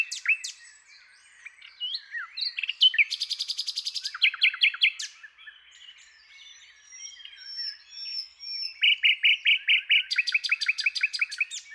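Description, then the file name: Common nightingale song: varied high phrases, a fast buzzy rattle, soft whistled notes, then a rapid run of repeated chirps near the end. "Luscinia megarhynchos"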